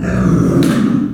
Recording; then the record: squeal of a Yucatan mini pig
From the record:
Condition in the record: after surgery on the right vocal fold (resection and tissue-engineered implant); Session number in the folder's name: 6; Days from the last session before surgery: 40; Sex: female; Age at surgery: 19 weeks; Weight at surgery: 25 kg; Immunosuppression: prednisolone